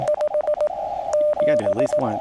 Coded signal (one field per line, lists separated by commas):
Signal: Morse code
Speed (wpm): 18 wpm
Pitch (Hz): 590 Hz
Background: speech, radio noise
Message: 57